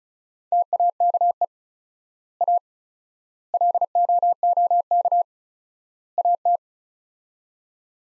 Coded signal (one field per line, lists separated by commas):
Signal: Morse code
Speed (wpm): 36 wpm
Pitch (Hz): 700 Hz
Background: none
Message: TAKE A LOOK AT